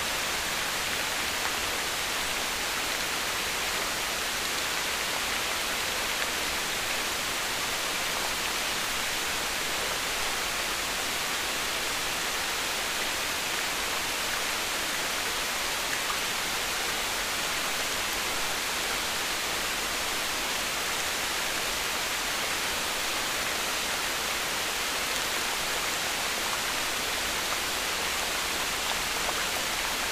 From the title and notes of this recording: Morning Rain. The rain cascades down from the morning clouds. Sound Recording by Dave Filbin.